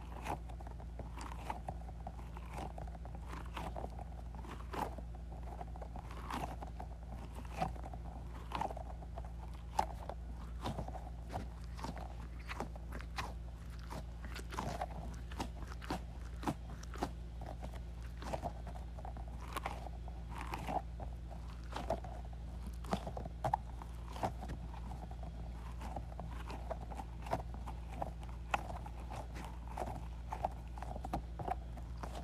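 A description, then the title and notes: A squishy goo ball is squeezed over and over, giving soft wet squelches and sticky clicks that come every second or so in an uneven rhythm. Beneath them runs a constant low hum that never changes. ASMR Squeezing a Squishy Goo Ball.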